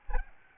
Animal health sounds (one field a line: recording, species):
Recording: mosquito wingbeat signal from an infrared sensor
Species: Aedes albopictus